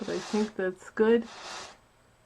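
A metal jewelry clasp is being handled toward the lower hook of a filigree pendant while a Christmas Victorian-style filigree necklace is being assembled. Someone talks briefly, followed by a soft rustling hiss that fades out. Nothing has clicked or seated yet.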